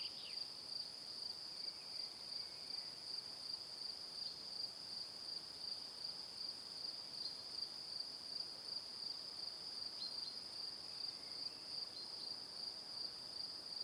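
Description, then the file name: Crickets chirping in a steady, high-pitched pulsing trill throughout, with a soft background hiss. Crickets heard in the evening. "Calm - Evening Crickets"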